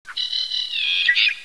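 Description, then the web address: Bird call: a short lead-in note followed by a long, steady high tone lasting about a second, ending in a brief flourish. "ambience bird"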